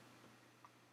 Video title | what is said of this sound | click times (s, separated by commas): Apple II Pi Quick Setup | Snaps right in. | 0.7 s